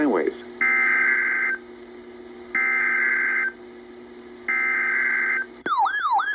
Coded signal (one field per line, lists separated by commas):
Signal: Emergency Alert System (SAME) tones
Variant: header bursts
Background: speech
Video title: EAS #1110 Tornado Watch